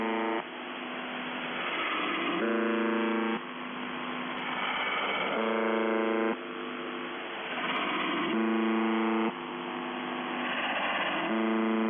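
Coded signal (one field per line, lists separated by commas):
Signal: channel marker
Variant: UVB-76 (The Buzzer)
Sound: repeated one-second harsh buzzes, about four in twelve seconds, between hiss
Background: radio static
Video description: 06:23 - UVB-76/The Buzzer (4625Khz) LIVE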